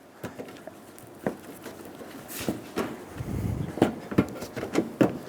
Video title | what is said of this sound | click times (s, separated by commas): How to Replace Fog Lights 2011-2014 Hyundai Sonata | You should hear these connect. Ours are broken, so you won't hear them click. | none